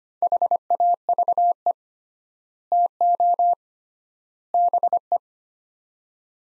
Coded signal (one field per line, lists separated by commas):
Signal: Morse code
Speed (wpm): 25 wpm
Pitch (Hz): 700 Hz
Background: none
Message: HAVE TO BE